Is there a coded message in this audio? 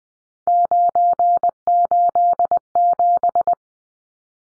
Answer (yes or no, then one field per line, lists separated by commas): yes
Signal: Morse code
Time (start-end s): 0.5-3.5 s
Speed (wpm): 20 wpm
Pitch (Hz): 700 Hz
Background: none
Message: 987